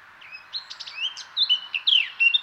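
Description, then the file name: Eurasian blackcap song: a rich, varied warble of quick chattering notes rising into clear fluty whistles and short slurred phrases near the end. "Sylvia atricapilla"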